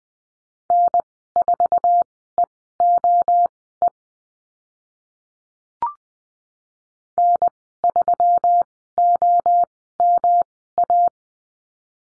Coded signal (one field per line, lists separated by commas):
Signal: Morse code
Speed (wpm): 20 wpm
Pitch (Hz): 700 Hz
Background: none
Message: N4EOE N3OMA